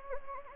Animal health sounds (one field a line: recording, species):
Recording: mosquito wingbeat signal from an infrared sensor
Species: Anopheles gambiae